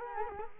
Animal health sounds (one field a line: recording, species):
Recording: mosquito wingbeat signal from an infrared sensor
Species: Culex quinquefasciatus